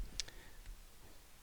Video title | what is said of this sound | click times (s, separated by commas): Seiko Prospex Samurai PADI Edition Review - New Release for Fall 2017 | the crown out one click we set the date whoops there we go okay | 0.2 s, 0.3 s